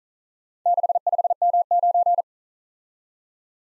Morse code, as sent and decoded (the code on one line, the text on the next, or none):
-.... ..... -- ----.
65M9